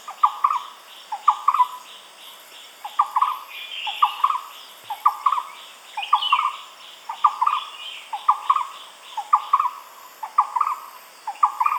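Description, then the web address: Barbet giving steady repeated hollow double notes, roughly one phrase a second, with higher chirping and chatter behind them. "animal-sound barbet-sound"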